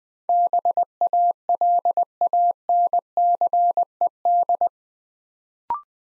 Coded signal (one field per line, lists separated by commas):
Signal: Morse code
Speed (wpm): 20 wpm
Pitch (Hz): 700 Hz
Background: none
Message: BALANCED